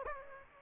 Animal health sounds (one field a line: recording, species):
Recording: mosquito wingbeat signal from an infrared sensor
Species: Aedes aegypti